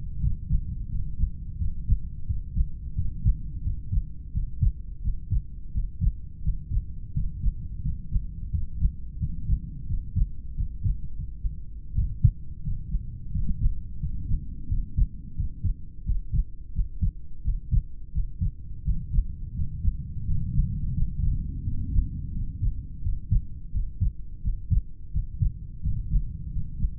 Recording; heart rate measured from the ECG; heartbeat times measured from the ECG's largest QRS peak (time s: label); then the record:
heart sounds by stethoscope; 87 bpm
0.18 s: heartbeat
0.87 s: heartbeat
1.56 s: heartbeat
2.25 s: heartbeat
2.93 s: heartbeat
3.62 s: heartbeat
4.31 s: heartbeat
5.01 s: heartbeat
5.71 s: heartbeat
6.41 s: heartbeat
7.12 s: heartbeat
7.80 s: heartbeat
8.49 s: heartbeat
9.17 s: heartbeat
9.86 s: heartbeat
10.54 s: heartbeat
11.11 s: heartbeat
11.93 s: heartbeat
12.60 s: heartbeat
13.30 s: heartbeat
13.98 s: heartbeat
14.67 s: heartbeat
15.34 s: heartbeat
16.03 s: heartbeat
16.72 s: heartbeat
17.42 s: heartbeat
18.11 s: heartbeat
18.82 s: heartbeat
19.52 s: heartbeat
20.23 s: heartbeat
20.93 s: heartbeat
21.63 s: heartbeat
22.32 s: heartbeat
23.01 s: heartbeat
23.71 s: heartbeat
24.41 s: heartbeat
25.10 s: heartbeat
25.80 s: heartbeat
26.49 s: heartbeat
From the record:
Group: heart failure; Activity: rest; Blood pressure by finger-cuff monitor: 76/50 mmHg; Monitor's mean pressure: 56 mmHg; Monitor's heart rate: 86 bpm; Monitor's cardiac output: 6.9 L/min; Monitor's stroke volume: 80 mL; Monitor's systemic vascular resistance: 550 dyn s/cm5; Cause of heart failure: idiopathic cardiomyopathy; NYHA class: 2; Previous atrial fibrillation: present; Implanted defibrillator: present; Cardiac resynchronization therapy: present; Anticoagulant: warfarin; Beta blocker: metoprolol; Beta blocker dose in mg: 50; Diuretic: furosemide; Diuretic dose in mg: 40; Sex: male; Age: 62 years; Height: 184 cm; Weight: 101 kg